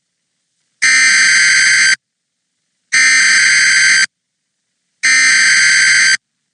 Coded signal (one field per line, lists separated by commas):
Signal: Emergency Alert System (SAME) tones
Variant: header bursts